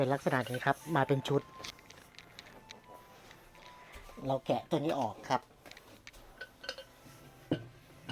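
A table leg is handled with its part detached and turned by hand, to be twist-locked into its mounting base in a campervan's table set, while someone talks. Short metallic clinks and taps are heard between the speech. Nothing has seated or locked yet by the end of the clip.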